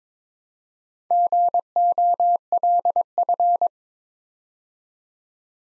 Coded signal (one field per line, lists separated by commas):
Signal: Morse code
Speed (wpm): 22 wpm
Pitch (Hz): 700 Hz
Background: none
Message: GOLF